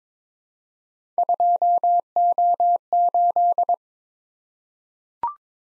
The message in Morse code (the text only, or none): 2O8